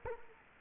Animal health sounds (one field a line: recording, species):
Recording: mosquito wingbeat signal from an infrared sensor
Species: Culex quinquefasciatus